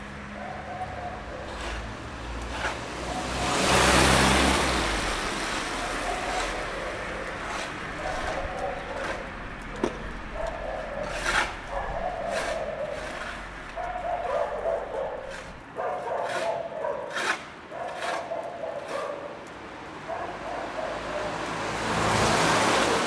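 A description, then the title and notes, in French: A sound postcard of Bucharest: street sounds with voices talking on and off over a steady low rumble. A loud whooshing swell peaks around four seconds, like a vehicle passing, and short sharp knocks and clicks recur throughout, with a possible dog bark. Carte postale sonore de Bucarest.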